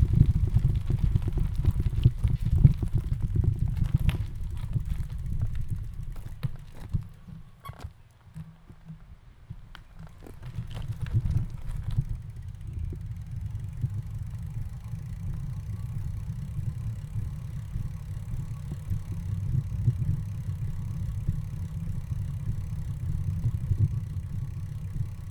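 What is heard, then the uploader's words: Cycling downhill, with a heavy low rumble of wind and tyres dominating and scattered rattles and clicks from the bike in the first half. The rumble briefly drops away around eight to ten seconds, then returns as a steady, even roar to the end. Bike. Cycling down hill to the river’s weir.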